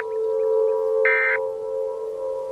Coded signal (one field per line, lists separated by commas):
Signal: Emergency Alert System (SAME) tones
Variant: end-of-message bursts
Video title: EAS Scenario: Dandy’s World: Ichor Infection